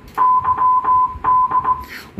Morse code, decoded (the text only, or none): YD